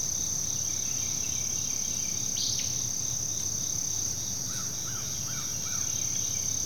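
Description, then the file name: Crickets trill in a constant high chorus; a bird gives a quick sharp note, then a short series of four soft repeated notes. Continual chorus of crickets in forest ambience, with other insects and birds. "kevin boucher nature forest ambience continual chorus crickets other insects birds"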